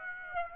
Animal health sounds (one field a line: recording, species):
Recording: mosquito wingbeat signal from an infrared sensor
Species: Aedes aegypti